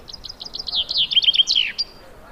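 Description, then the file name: Common chaffinch song: a run of rapid high notes that step down in pitch, ending in a descending flourish and a final short note. "Fringilla coelebs"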